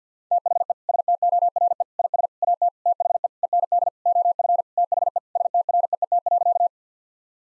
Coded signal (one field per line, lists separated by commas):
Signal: Morse code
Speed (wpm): 50 wpm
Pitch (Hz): 700 Hz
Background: none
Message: THE STORE IS AT THE END OF THE STREET.